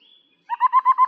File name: 小彎嘴